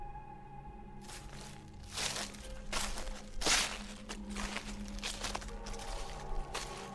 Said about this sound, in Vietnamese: thằng Toàn nghe rõ tiếng bước chân dẫm lên trên lá khô cứ sột xà sột soạt